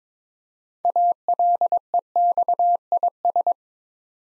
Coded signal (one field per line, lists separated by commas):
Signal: Morse code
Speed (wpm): 22 wpm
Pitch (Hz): 700 Hz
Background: none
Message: ALEXIS